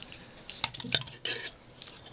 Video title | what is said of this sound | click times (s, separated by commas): 1/144 HGUC Gyan Review | could have been worse oh and you also hear it clicking in there so it kind of locks itself in place | 0.6 s, 0.9 s